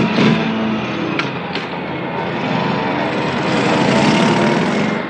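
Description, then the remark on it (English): A motorcycle engine runs loud and steady for about five seconds, a rough, throaty drone that swells slightly louder toward the end. No one speaks. “This week, our subject is motorcycles in America.”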